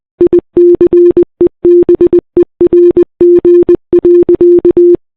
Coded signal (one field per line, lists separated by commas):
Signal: Morse code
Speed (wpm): 20 wpm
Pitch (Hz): 350 Hz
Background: none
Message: ICEBERG.